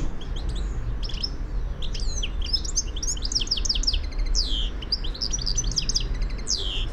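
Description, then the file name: European goldfinch twittering calls, dense liquid tinkling notes and quick buzzy slurs running almost without pause throughout over a steady low rumble. "Carduelis carduelis"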